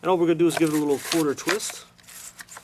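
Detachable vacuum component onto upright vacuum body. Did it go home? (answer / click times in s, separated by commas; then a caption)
yes / 2.4 s. Someone talks while a detachable vacuum component is refitted onto two small pins on an upright vacuum body and given a quarter twist. A short click at 2.4 s marks it locking back in, confirmed as seated.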